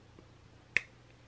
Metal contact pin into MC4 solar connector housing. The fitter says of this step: gonna push this on there and it'll it'll just click in all right